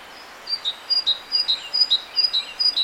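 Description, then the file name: Great tit song: a rapid string of two-note phrases, a higher note dropping to a lower one, ringing and clear over faint background hiss. "Parus major"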